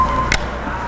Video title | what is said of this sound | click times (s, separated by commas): Bestop Trektop NX PLUS - Morris 4x4 Center | right there we go you heard the nice snap it clicked into place | 0.3 s